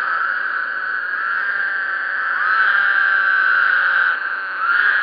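Woodhouse's toad chorus: many overlapping buzzy trills merge into a continuous drone that swells and briefly dips.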